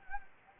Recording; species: mosquito wingbeat signal from an infrared sensor; Anopheles gambiae